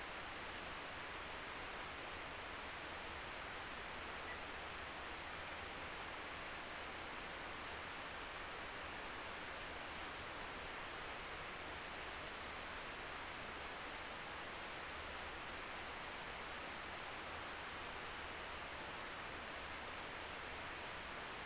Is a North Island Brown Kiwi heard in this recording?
no